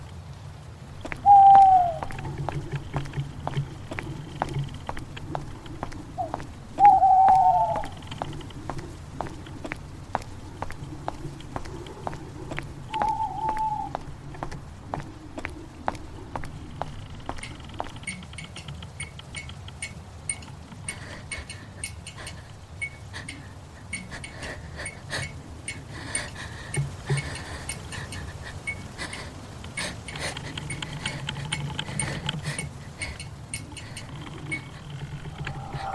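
Dark night ambience with a low steady rumble, scattered clicks and ticks, and three wavering mid-pitched cries near the start, later fading away.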